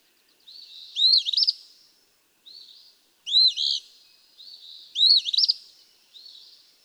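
Eastern Phoebe giving three harsh, burry song phrases, each introduced by a soft buzzy note, with short quiet gaps between.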